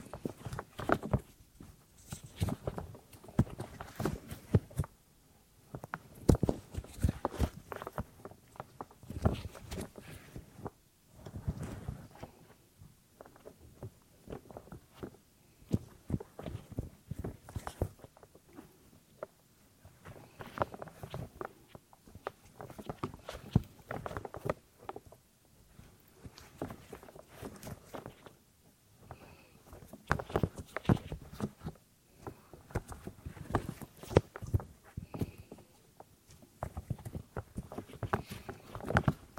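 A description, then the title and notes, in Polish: Ear cleaning sounds, dry: rapid scratching, tapping and rubbing in irregular bursts that run through the whole recording. Short clicks and crackles cluster together, broken by brief quiet pauses every few seconds, with a faint steady hiss underneath. CZYSZCZENIA USZU ASMR po polsku.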